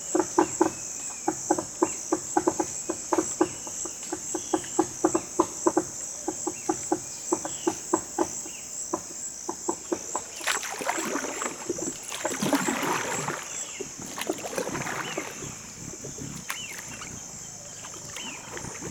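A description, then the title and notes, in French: A dugout canoe moves along a forest river under a steady, high insect drone. For the first ten seconds, quick regular knocking sounds tick along; after that, splashing and water swishes rise and fall as paddles work. Pirogue, entre les arbres. Pirogue sur la rivière au milieu de la forêt, dont une partie est inondée en saison des pluies. Tauary, petit village au coeur de la forêt amazonienne.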